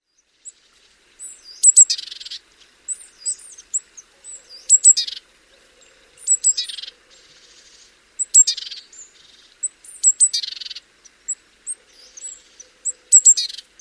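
Great tit scolding calls: thin high notes followed by harsh buzzy churrs, the pattern repeating many times throughout.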